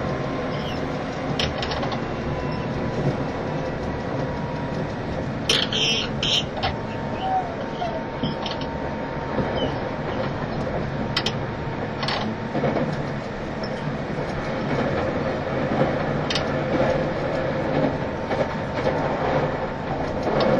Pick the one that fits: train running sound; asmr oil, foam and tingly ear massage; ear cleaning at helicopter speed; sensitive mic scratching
train running sound